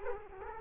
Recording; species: mosquito wingbeat signal from an infrared sensor; Culex quinquefasciatus